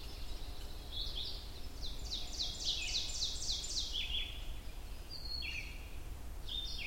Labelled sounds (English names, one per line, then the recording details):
Ovenbird song
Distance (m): 45 m
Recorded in boreal forest in Alberta, Canada, on 22 June 2016 at 05:47
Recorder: SongMeter 3, array SBT-6-76
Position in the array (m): 150 m, 110 m
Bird 3